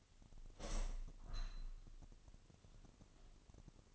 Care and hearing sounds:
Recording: daily activity, microphone in the room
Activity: open window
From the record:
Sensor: 4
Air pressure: 1005.5 hPa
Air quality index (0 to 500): 92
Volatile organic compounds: 2 ppm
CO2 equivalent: 1132 ppm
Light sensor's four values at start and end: 11/26/10/9 and 12/26/10/9

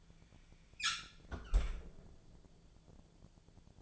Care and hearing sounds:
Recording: daily activity, microphone in the room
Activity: close fridge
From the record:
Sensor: 5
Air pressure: 1000.2 hPa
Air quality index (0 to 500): 99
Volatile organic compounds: 1 ppm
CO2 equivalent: 805 ppm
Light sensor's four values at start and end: 240/566/243/267 and 238/563/242/265

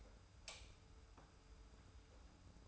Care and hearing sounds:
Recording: daily activity, microphone in the room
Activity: light on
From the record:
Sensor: 2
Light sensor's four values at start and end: 25/58/24/24 and 30/76/31/30

